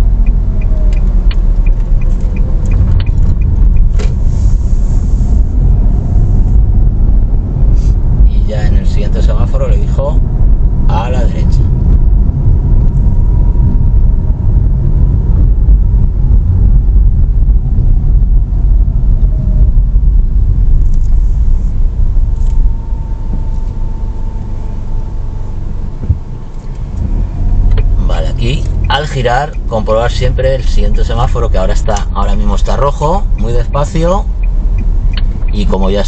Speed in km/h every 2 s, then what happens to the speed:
17, 17, 24, 28, 31, 32, 30, 28, 23, 16, 8, 0, 0, 0, 6, 11, 9, 4.
2-7 speeds up to 31. 11-22 slows to 0. 22-26 standing. 26-29 pulls away to 11.